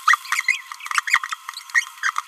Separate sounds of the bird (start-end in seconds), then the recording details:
0.06-0.17, 0.31-0.43, 0.48-0.57, 1.07-1.20, 1.31-1.35, 1.75-1.88, 2.03-2.11. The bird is a female. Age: 26 days. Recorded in a nest box in Venezuela. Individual 17B31A3